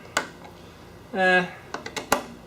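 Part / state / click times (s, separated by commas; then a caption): self-tapping screw into plastic manifold housing of an air compressor / stripped / 2.1 s. A self-tapping screw holding the plastic manifold on a Husky H1506F / Central Pneumatic 67696, 68149 air compressor is driven back into its old plastic threads with a nut driver. Someone briefly talks, then a quick run of ratchety hits ends in a sharp snap at 2.1 s. The screw has stripped even though the driver isn't being pressed down hard.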